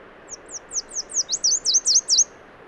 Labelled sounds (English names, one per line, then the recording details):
Chestnut-capped Warbler song
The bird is a male
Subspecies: delattrii
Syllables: 10
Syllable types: 4
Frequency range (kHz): 3.7-8.8 kHz
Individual MA-SWR-M